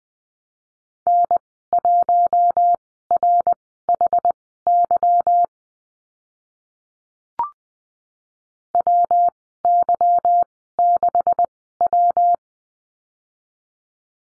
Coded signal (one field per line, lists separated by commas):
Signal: Morse code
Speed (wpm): 19 wpm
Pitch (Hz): 700 Hz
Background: none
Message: N1RHY WY6W